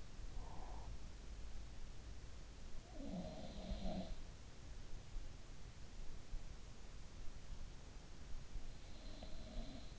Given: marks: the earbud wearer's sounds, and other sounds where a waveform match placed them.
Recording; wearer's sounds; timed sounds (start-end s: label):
sounds in sleep by an in-ear microphone; breath
0.00-1.61 s: breath
2.72-4.85 s: sound from someone else or the room
8.83-9.99 s: sound from someone else or the room